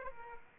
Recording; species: mosquito wingbeat signal from an infrared sensor; Aedes aegypti